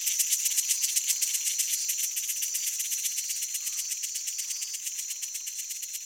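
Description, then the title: Cicada song, a strident high buzz with regular rapid pulses, gradually fading. Amazonia. "Aras et cigales (Amazonia)"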